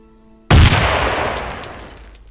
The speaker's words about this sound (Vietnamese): Lựu đạn nổ tung giữa không trung, như đóa hoa khói nở rộ ở trên bầu trời.